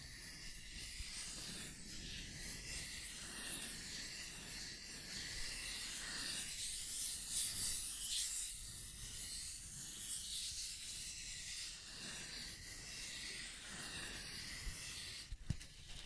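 Scratching and tracing sounds run steadily for the whole stretch, a dense, hissy scraping with a bright upper edge over a low rough rumble. The texture swells and eases slightly from moment to moment, and a sharp click stands out near the end.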